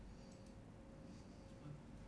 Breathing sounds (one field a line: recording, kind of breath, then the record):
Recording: one breath in and out by a microphone near the nose and mouth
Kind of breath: normal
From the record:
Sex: male